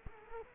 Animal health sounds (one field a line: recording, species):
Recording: mosquito wingbeat signal from an infrared sensor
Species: Culex quinquefasciatus